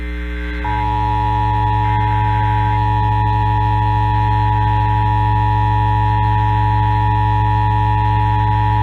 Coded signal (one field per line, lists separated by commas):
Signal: Emergency Alert System (SAME) tones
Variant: 853 and 960 Hz attention tone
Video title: EAS Required Monthly Test Wisconsin Statewide +WeatherSTAR4000